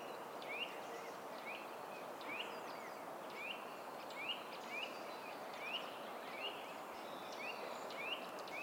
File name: Sitta europaea